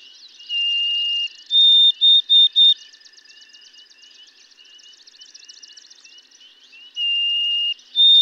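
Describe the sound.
White-throated sparrow gives a plain whistled note, then four higher whistles, the first longer, and starts the song again at the end, with other birds chirping behind.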